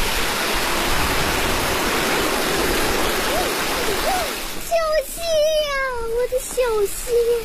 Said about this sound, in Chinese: 小溪， 一进入景区呢就是山泉水，水面非常的清澈，既宽又清，颜色呢是碧绿的。